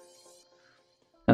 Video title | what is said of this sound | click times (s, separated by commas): Kyoukai Senki 07 - Nyuren [1/72][HG][Bandai] #plamo #live | so this goes like just pop it out then you pop it back in | 1.3 s